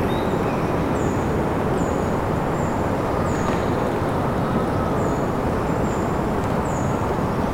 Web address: sonidos de la naturaleza canto de los pajaros en un bosque de pinos invernal